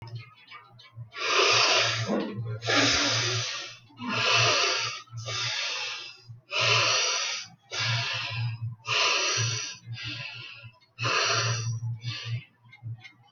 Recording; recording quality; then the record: deep breathing; moderate, slight background noise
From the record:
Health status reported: healthy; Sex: female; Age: 24 years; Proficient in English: yes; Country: India